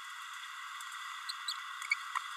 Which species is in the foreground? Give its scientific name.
Forpus passerinus